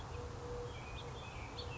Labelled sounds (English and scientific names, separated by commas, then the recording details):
House Finch (Haemorhous mexicanus)
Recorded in Sonoma County, California